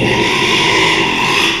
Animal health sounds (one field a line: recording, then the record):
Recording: squeal of a Yucatan mini pig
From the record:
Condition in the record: after surgery on the right vocal fold (resection and tissue-engineered implant)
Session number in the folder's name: 1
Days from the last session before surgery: 6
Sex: male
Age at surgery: 12 weeks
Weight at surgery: 13 kg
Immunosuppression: cyclosporine, prednisolone